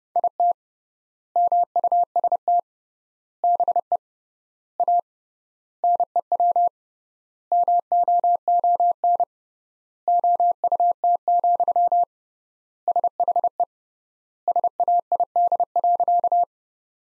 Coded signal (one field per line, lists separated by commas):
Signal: Morse code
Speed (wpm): 30 wpm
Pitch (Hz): 700 Hz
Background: none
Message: IT MUST BE A NEW MOON OUT, SHE SAID.